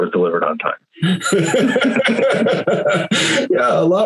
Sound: laughter